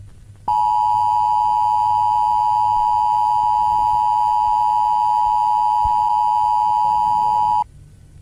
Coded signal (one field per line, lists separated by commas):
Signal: Emergency Alert System (SAME) tones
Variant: 853 and 960 Hz attention tone